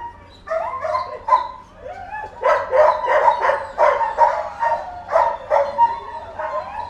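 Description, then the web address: Dog barks: a few spaced barks at first, then a rapid, continuous run of barking for the rest. More than one dog barking. "Tom Hutchings Dogs Barking"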